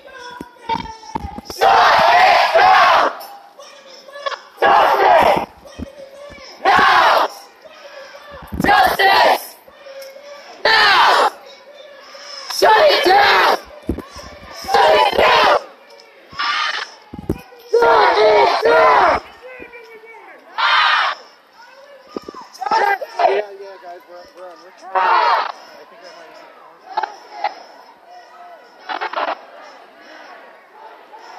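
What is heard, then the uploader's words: A protest crowd chants in loud, rhythmic bursts every two seconds or so, with a steady tone running underneath and quieter gaps between shouts. Niagara Square Protest in Downtown Buffalo.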